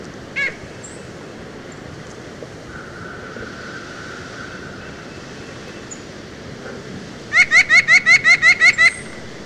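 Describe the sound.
White-breasted nuthatch call: one nasal note early, then a rapid even series of about nine nasal, harmonic notes near the end, over steady background hiss.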